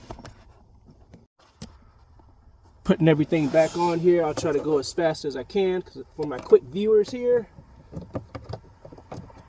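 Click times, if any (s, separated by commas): none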